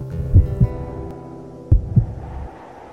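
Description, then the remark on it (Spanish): A slow heartbeat gives two deep lub-dub pulses, well over a second apart. Each pair is a muffled low thud followed by a softer one, over a faint steady hum. “El corazón latía lento, tan lento, que apenas se escuchaba.”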